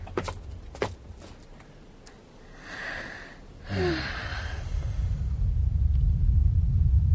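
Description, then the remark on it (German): A deep volcanic rumbling from inside the mountain builds in the second half and keeps swelling to the end, after a few sharp clicks and soft breathy whooshes. “Gewitter? Nein, das kommt mir von innen. Es wird halt nicht umsonst Vulkangebirge heißen.”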